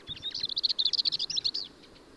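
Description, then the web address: Marmora's warbler song, a brief rapid phrase of harsh, scratchy notes run together for under two seconds, then falling quiet. "Magnanina sarda"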